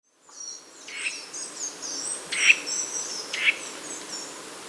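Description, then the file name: Eurasian nuthatch calls: a few sharp high notes, two louder ones about a second apart, with faint thin whistles and low background hiss. "Sitta europaea"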